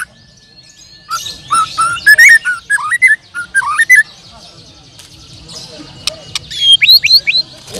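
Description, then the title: Bird song: a sequence of warbled, looping whistles rising and falling, then a pause and a few high upslurred notes at the close. "Kicau Burung"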